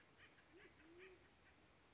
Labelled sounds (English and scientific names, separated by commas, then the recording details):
Band-tailed Pigeon (Patagioenas fasciata)
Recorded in Sonoma County, California